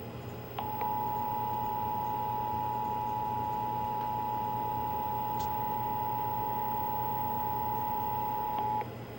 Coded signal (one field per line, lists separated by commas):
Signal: Emergency Alert System (SAME) tones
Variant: 853 and 960 Hz attention tone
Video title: EAS #68 - Jun 2024 Required Monthly Test